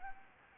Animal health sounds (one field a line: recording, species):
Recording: mosquito wingbeat signal from an infrared sensor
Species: Anopheles gambiae